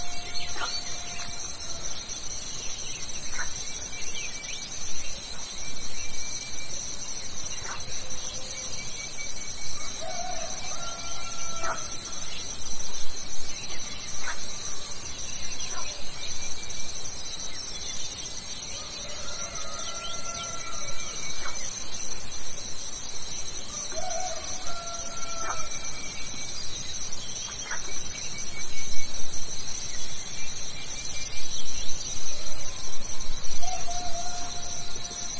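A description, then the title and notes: Insects at night keep up a dense, steady chirring, with several high bands shimmering continuously above a soft low hum. Short whistled notes and brief calls break through every few seconds, some rising or falling, and the overall level swells slightly near the end. From night to morning, the sound of nature and insects at night, the birdsong and cicadas in the morning.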